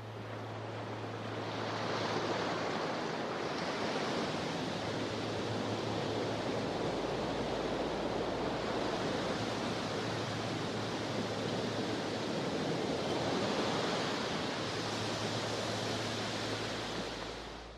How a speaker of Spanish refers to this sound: «Es el mar», exclamó el viento, «donde podrás refrescarte y jugar infinitamente entre las olas. ¿Qué mejor destino podrías desear?».